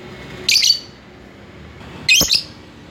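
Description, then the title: Lovebird calls: two short shrill screeches about a second and a half apart over a quiet hiss. Lovebird calling a rival. "Lovebird Memanggil Lawan"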